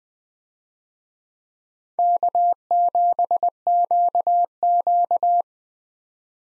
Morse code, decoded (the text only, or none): K7QQ